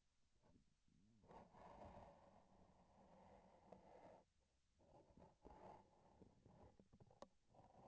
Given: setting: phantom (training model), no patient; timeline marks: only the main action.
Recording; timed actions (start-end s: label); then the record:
laparoscopic instrument, vibration sensor on the handle end
4.72-6.87 s: palpation
From the record:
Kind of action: gesture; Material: synthetic tissue